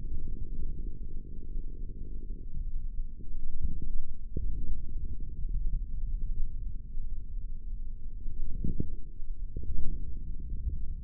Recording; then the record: forearm muscle sounds (acoustic myography)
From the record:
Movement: forearm supination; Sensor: system 3, bracelet of six PUI Audio POM-2738L microphones around the upper forearm, with dedicated amplification and filtering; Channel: 2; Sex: male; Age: 25 years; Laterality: right